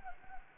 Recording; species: mosquito wingbeat signal from an infrared sensor; Anopheles gambiae